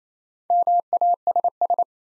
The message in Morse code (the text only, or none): MASS